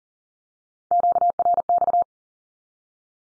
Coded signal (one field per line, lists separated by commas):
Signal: Morse code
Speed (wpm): 40 wpm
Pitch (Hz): 700 Hz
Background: none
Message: QRX